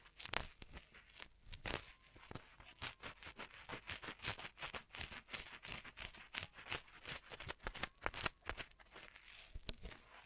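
Ear massage triggers: a dense run of crinkling, rustling and tearing sounds with sharp bright ticks coming several times a second. The scratchy, crisp texture stays busy and uneven throughout, with slight pauses and louder bursts scattered across the ten seconds.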